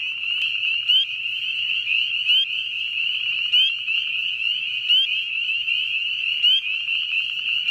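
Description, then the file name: Spring peepers in full chorus, high sharp peeps sliding upward and overlapping continuously, with clearer individual notes popping out at regular intervals. "Spring Peeper Calling"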